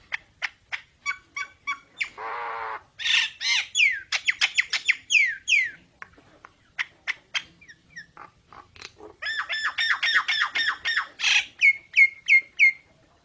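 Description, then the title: Nias hill myna song: rhythmic clicks, a nasal buzz, sweeping downslurred whistles, more clicks, then fast harsh chatter and a few clear whistles at the end. Energetic 'gacor' singing with a very loud 'super gledek' voice, used as master material for tutoring songbirds. "Burung Jalak Nias Gacor Suara Super Gledek Untuk Masteran"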